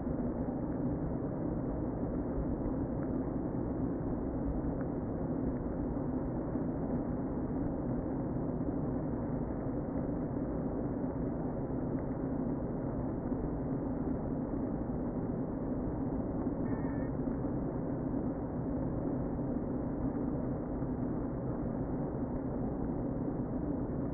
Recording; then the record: honeybee colony, microphone inside the hive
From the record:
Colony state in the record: queen present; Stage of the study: before two queens were removed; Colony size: about 60,000 bees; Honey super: yes